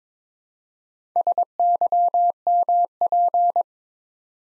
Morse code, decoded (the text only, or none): SYMP